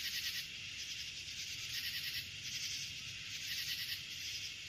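Crickets give high, rapid pulsed trills, with a few louder bursts standing out above a continuous shrill insect drone.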